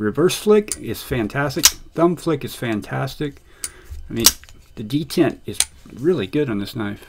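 A BRS E-Volve Khopesh-B2 folding knife is being handled and flicked while someone talks, with a few brief sharp ticks between the words. The blade has not yet been closed into the liner-lock detent, so nothing has seated or clicked yet.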